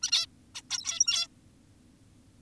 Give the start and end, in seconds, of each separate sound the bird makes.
0.02-0.11, 0.12-0.26, 0.55-0.62, 0.70-1.27